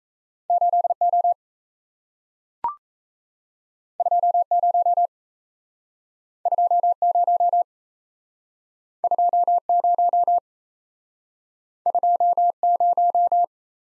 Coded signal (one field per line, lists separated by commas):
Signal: Morse code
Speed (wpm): 38 wpm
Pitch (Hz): 700 Hz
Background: none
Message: 8O 20 20 20 20